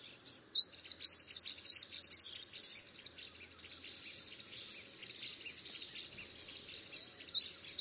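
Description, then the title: White-naped xenopsaris calling: a high thin whistle, then a wavering, trilled phrase of piping notes, followed by a faint steady insect-like buzz and another brief note at the end. "LuckyPassaro Completos2Sama. White-naped Xenopsaris (Xenopsaris albinucha)"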